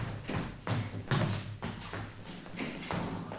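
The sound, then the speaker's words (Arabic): A prison door being opened by the jailer on the head guard's order: a series of heavy thuds and clunks, roughly six, in an uneven rhythm, with a low rumbling resonance and no voices. “افتح الباب أيها السجان.”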